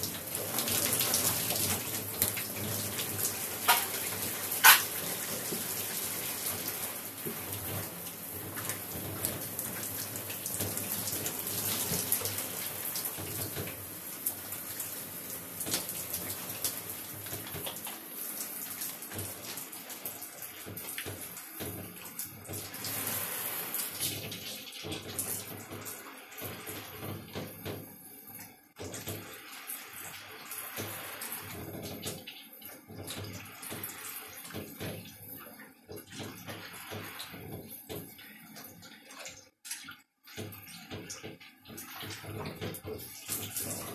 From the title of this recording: Brushing teeth, gargling and showering